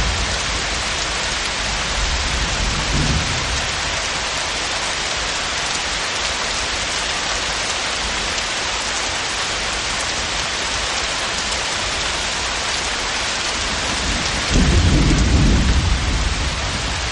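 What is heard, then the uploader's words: Thunder rolls low beneath a steady, dense hiss of heavy rain that fills the whole clip evenly. A soft rumble swells briefly near three seconds, and a louder, deeper roll arrives around fifteen seconds before fading back into the downpour. Continuous and harmonious thunder echoes.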